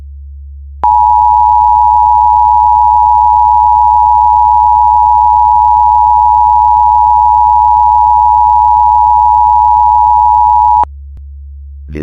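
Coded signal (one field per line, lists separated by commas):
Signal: Emergency Alert System (SAME) tones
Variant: 853 and 960 Hz attention tone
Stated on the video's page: Fictional zombie apocalypse EAS scenario, human-made simulation.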